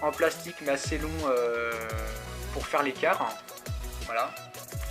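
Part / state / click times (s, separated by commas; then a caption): plastic clip-on part on an RC model car body / not seated / none. A plastic clip-on part on the body of an RC model Land Rover, held off by a long plastic spacer, is being handled to press it back into place. Someone talks over background music. Nothing has seated or clicked yet.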